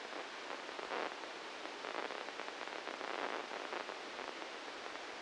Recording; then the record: brain microelectrode recording played as sound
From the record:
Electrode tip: inside the subthalamic nucleus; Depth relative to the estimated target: 1 mm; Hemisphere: right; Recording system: NeuroSet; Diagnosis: Parkinson's disease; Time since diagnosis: 7 years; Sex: male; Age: 44 years